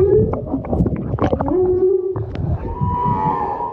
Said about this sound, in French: En fait, on s'est très vite rendu compte qu'il y avait une baleine qui chantait, mais juste sous le bateau. Ce mélange de force, de son grave, ça te rend complètement dans le corps. Ça donne les frissons et on s'arrête.